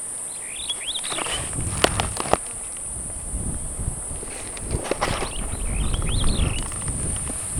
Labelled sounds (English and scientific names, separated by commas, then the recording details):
Superb Starling (Lamprotornis superbus) flight call
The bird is a male
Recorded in Kenya on 1 June 2010
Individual 56, of group MRC1